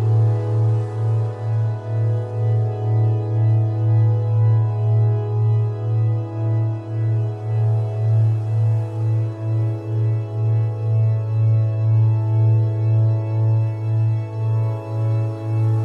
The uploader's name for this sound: Delta Binaural Beats